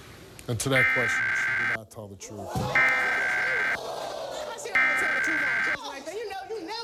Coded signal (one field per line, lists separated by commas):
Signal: Emergency Alert System (SAME) tones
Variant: header bursts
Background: speech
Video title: National Periodic EAS Test - San Antonio Stations/KTWO-TV/WWBT (August 11, 2021)